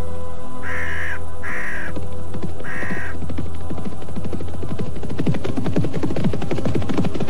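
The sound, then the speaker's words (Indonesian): Crows crowding around a carcass give three loud, harsh caws in the first few seconds, spaced about a second apart, over a low droning hum. A dense, fluttering rumble like beating wings then builds and continues to the end. “Pergi kau burung-burung setan.”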